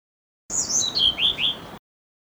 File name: kicau sikatan blue throated. omkicau